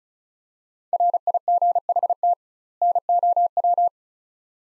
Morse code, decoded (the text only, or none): RIGHT NOW